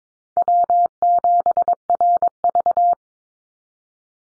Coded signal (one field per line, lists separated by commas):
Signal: Morse code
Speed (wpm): 22 wpm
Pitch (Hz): 700 Hz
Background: none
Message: W7RV